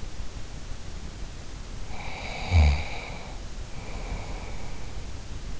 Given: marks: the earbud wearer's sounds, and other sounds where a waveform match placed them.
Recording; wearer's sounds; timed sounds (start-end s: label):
sounds in sleep by an in-ear microphone; snoring breath
1.87-5.13 s: snoring breath